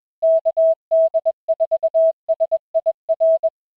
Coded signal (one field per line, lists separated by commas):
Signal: Morse code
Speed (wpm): 21 wpm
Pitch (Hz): 650 Hz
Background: music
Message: KD4SIR